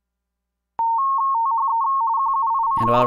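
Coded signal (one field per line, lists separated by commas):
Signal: RTTY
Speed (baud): 45.45 baud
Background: speech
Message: THE QUICK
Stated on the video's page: RTTY with 170 Hz shift at 45.45 baud, played as a "What's That Sound?" identification challenge on a club learning net.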